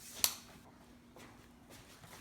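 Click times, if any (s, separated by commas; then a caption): 0.2 s. A plastic buckle on a finished dog collar is snapped shut to fasten it. A single sharp snap is heard at 0.2 s against a quiet background, and the buckle is closed and seated.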